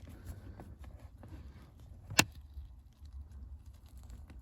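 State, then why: Released. A screwdriver presses the locking tab on the electrical plug of a Mercedes SLK R171 heater blower motor, and a single sharp click sounds at 2.2 s as the tab springs open, releasing the plug so it can be pulled off its socket. Around it are only faint scattered ticks over a low, steady rumble.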